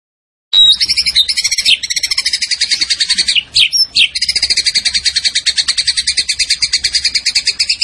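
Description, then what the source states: Zebra finch song: a continuous, very fast, buzzy high trill with brief wavering breaks, pulsing steadily throughout. Caged songbird known locally as tembakan, singing vigorously (gacor); master recording made for training other cage birds.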